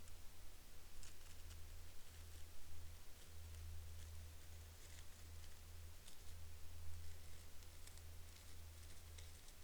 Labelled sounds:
wind
man-made sound
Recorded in the Arctic National Wildlife Refuge, Alaska, on 28 August 2021 at 12:13
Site 42

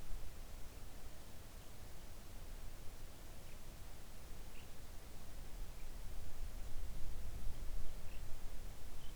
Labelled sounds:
songbird
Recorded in the Arctic National Wildlife Refuge, Alaska, on 3 August 2019 at 05:36
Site 41

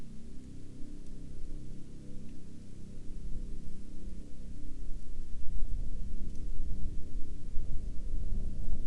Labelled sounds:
aircraft
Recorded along the Dalton Highway, Alaska, on 25 April 2019 at 12:52
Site 06

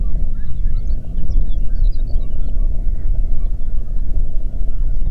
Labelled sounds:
songbird
waterfowl
wind
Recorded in the Prudhoe Bay oil fields, Alaska, on 8 June 2019 at 04:33
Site 30

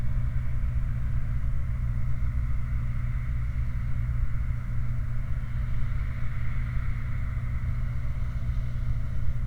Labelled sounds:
machinery
flare stack
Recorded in the Prudhoe Bay oil fields, Alaska, on 29 July 2019 at 04:47
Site 29

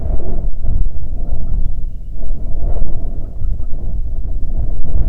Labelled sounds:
songbird
wind
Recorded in the Prudhoe Bay oil fields, Alaska, on 6 June 2019 at 03:36
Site 16

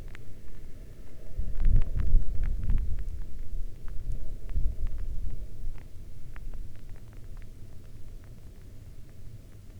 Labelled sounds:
wind
rain
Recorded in the Arctic National Wildlife Refuge, Alaska, on 11 August 2019 at 22:34
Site 40

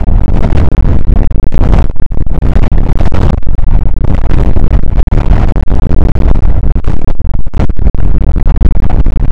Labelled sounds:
wind
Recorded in the Prudhoe Bay oil fields, Alaska, on 2 August 2019 at 01:35
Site 29

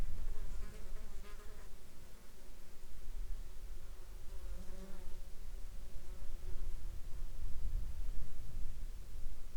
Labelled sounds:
insects
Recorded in the Arctic National Wildlife Refuge, Alaska, on 17 July 2021 at 09:24
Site 33

